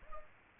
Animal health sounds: mosquito wingbeat signal from an infrared sensor; Aedes aegypti

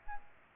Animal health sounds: mosquito wingbeat signal from an infrared sensor; Aedes aegypti

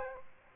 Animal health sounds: mosquito wingbeat signal from an infrared sensor; Aedes aegypti

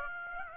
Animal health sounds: mosquito wingbeat signal from an infrared sensor; Aedes aegypti

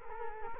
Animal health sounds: mosquito wingbeat signal from an infrared sensor; Culex quinquefasciatus

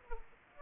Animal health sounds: mosquito wingbeat signal from an infrared sensor; Aedes aegypti

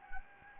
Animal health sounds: mosquito wingbeat signal from an infrared sensor; Anopheles gambiae

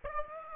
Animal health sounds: mosquito wingbeat signal from an infrared sensor; Aedes aegypti

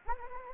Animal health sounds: mosquito wingbeat signal from an infrared sensor; Anopheles gambiae

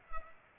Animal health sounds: mosquito wingbeat signal from an infrared sensor; Culex pipiens

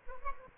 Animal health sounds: mosquito wingbeat signal from an infrared sensor; Aedes albopictus

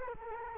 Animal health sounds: mosquito wingbeat signal from an infrared sensor; Culex quinquefasciatus

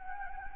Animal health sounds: mosquito wingbeat signal from an infrared sensor; Anopheles gambiae

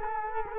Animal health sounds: mosquito wingbeat signal from an infrared sensor; Culex quinquefasciatus

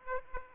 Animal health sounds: mosquito wingbeat signal from an infrared sensor; Aedes aegypti

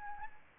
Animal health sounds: mosquito wingbeat signal from an infrared sensor; Anopheles arabiensis

